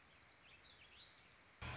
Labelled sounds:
Warbling Vireo

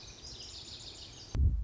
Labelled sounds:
Lazuli Bunting

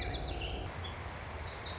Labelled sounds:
Lazuli Bunting

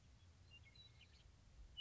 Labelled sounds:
Western Meadowlark

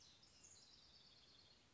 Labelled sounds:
House Wren

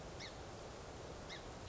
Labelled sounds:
Song Sparrow

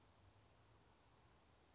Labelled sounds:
Western Flycatcher

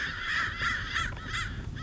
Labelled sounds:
American Crow

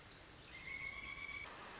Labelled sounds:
Pileated Woodpecker

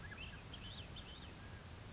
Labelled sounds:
Grasshopper Sparrow

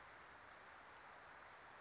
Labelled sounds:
Wilson's Warbler

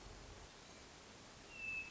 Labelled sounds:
Hermit Thrush

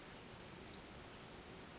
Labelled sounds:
Western Flycatcher

